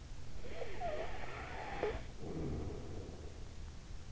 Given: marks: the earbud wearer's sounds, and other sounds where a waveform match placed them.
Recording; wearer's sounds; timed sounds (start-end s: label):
sounds in sleep by an in-ear microphone; snoring breath
0.19-3.65 s: snoring breath